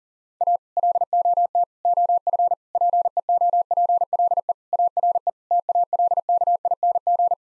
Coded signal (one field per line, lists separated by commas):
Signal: Morse code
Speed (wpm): 40 wpm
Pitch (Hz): 700 Hz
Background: none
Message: A LOT OF PEOPLE ARE TALKING